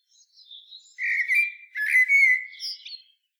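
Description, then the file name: Common blackbird singing a whistled phrase, steady in pitch, with a few thin squeaky notes layered above and a brief high flourish at the close. "Turdus merula"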